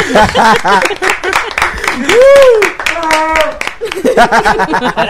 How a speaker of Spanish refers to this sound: ¿Se acuerdan de aquel camión? Sí, por favor. Aplausos.